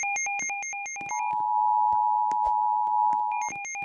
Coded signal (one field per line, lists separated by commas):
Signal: Emergency Alert System (SAME) tones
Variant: 853 and 960 Hz attention tone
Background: music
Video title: EAS Required Weekly Test ON NOAA RADIOS AND WEA PHONE!